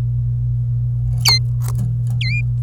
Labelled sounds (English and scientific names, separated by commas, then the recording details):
Domestic Canary (Serinus canaria) song
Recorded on 26 April 2018 at 08:03
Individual llb3